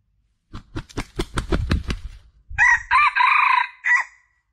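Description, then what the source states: Junglefowl: a run of low thumping beats, then one quick harsh four-part crow with a clipped ending. Male; lure call (suara pikat) used to attract junglefowl.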